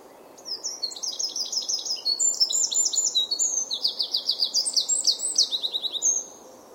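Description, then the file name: Eurasian wren singing one long, energetic phrase of piercing high notes and rattling trills, lasting nearly six seconds before stopping abruptly, with soft steady noise beneath. "Troglodytes troglodytes"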